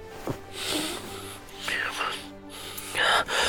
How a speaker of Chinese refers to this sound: 他沉沉地喘息着，最后吻了下他的鼻尖。